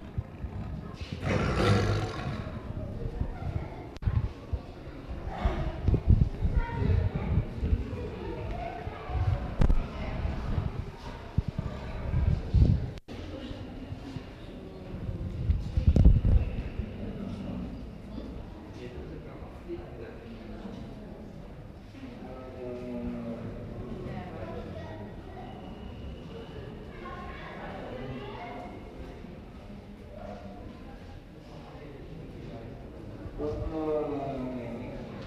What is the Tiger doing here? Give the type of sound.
growling